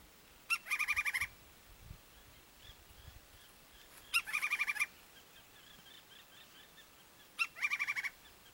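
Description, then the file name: Woodpecker rattling calls: three bursts, each a sharp note followed by a quick series of harsh repeated notes, about every three and a half seconds over quiet background. "canto do pica pau"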